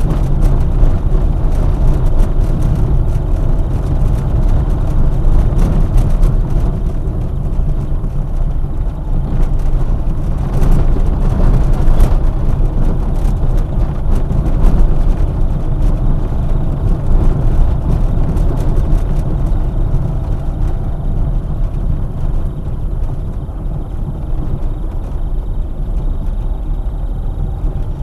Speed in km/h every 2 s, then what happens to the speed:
28, 28, 23, 20, 19, 22, 23, 25, 26, 24, 19, 16, 17, 21.
0-7 slows to 19. 7-16 speeds up to 26. 16-22 slows to 16.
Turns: 6-11, 20-28.